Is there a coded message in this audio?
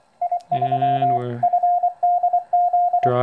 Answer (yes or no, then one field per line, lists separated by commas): yes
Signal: Morse code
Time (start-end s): 0.2-3.1 s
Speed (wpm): 23 wpm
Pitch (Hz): 710 Hz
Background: speech, radio noise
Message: I3FDZ